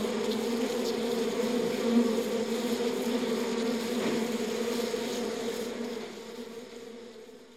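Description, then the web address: Bee humming in a steady low drone that gradually fades away over the last two seconds. "пчела"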